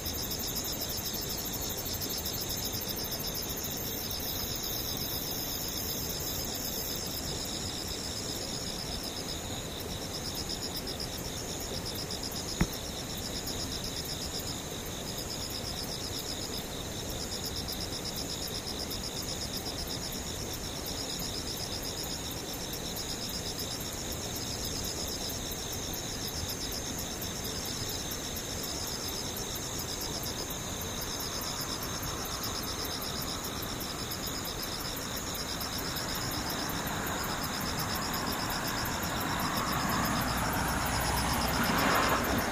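Insects sing without a break, a dense, high shrill trill in several layers that pulses slightly but never stops. A low, steady rumble runs beneath, with one sharp click near thirteen seconds, and a rushing noise swells over the last ten seconds like a passing vehicle.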